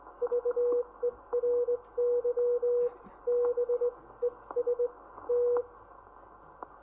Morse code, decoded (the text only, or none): VERY BEST